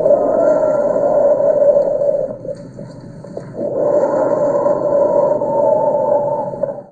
Respiratory wheeze.